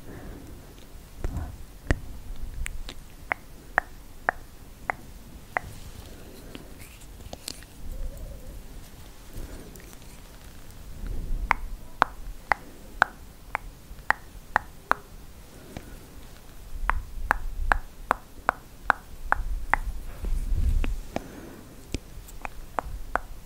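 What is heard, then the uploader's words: Sharp tongue clicks come in quick bursts, around 1–6, 11–15 and 17–22 seconds, each a crisp bright snap. Between bursts there are soft low rustles and faint mouth sounds over a quiet, slightly hissy background. ASMR Hand Movements, Tongue clicking, Personal Attention.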